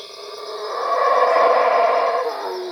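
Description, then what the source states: Howler monkey roar, one harsh throaty swell building and slowly fading, over a steady high hum. Recorded at Cuevas.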